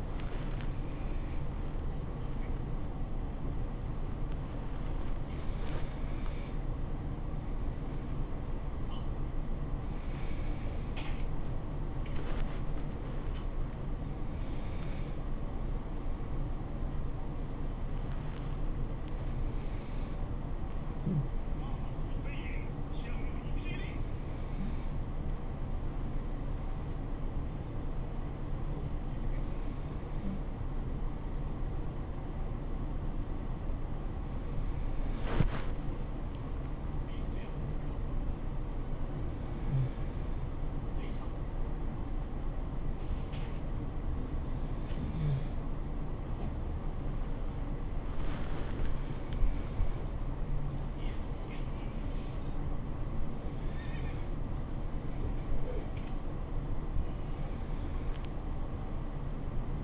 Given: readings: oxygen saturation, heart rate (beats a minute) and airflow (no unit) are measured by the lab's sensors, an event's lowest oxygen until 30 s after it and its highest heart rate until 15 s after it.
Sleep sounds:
a person awake in a sleep study, by a smartphone at the bedside; none
0.00-59.84 s: awake
From the record:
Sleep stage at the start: awake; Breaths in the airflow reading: 28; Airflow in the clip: -0.6 to 0.7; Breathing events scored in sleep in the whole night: 403 in 5.5 hours asleep

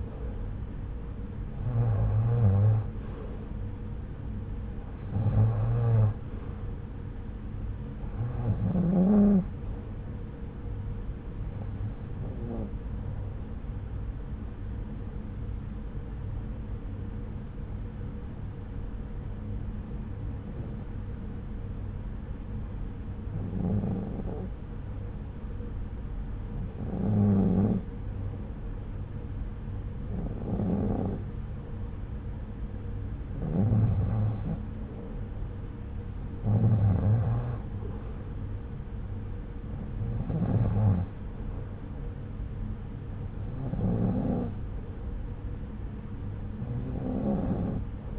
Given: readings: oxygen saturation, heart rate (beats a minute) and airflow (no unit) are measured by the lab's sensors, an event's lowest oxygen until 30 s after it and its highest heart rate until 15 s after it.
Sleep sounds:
breathing in sleep by a smartphone at the bedside; 1
16.00-37.80 s: hypopnea (REM, oxygen 96% highest, then 93% lowest)
From the record:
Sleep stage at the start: REM sleep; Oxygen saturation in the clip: 89 to 96%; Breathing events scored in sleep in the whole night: 303 in 8.1 hours asleep

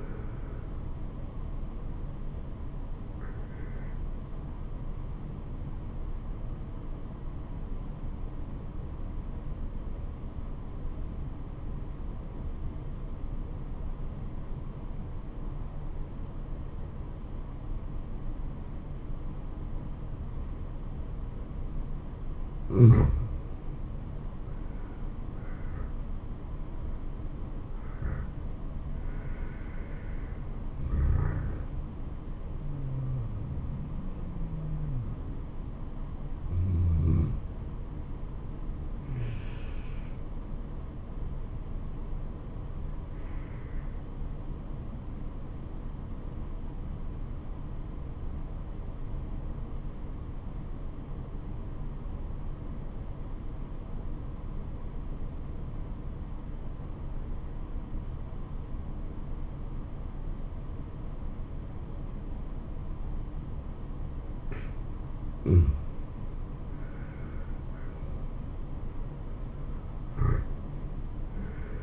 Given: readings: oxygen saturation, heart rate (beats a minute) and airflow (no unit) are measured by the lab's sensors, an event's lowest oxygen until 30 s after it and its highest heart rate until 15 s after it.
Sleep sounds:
breathing in sleep by a smartphone at the bedside; 2
3.00-25.10 s: obstructive apnea (N2, oxygen 94% highest, then 87% lowest, heart rate 74 at the start, 80 highest)
43.00-67.60 s: obstructive apnea (N2, oxygen 96% highest, then 85% lowest, heart rate 74 at the start, 78 highest)
From the record:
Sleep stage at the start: N2 (light sleep); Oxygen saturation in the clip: 84 to 96%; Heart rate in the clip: 67 to 80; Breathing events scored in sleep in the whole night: 426 in 7.4 hours asleep

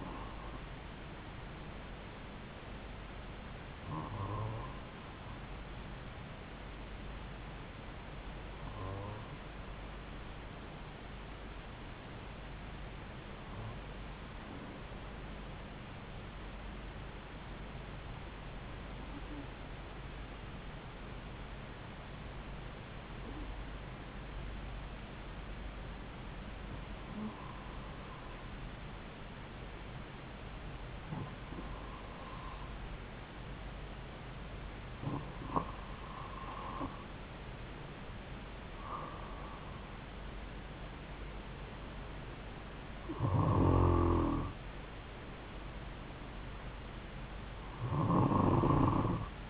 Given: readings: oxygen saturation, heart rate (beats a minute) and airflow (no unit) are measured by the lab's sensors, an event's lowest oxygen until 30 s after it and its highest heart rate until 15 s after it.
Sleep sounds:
breathing in sleep by a voice recorder at the bedside; 1
7.00-36.50 s: hypopnea (N2, oxygen 95% highest, then 92% lowest)
From the record:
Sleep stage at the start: N2 (light sleep); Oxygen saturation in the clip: 91 to 95%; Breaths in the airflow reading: 12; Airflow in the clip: -3.3 to 4.2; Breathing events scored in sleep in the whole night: 270 in 6.1 hours asleep

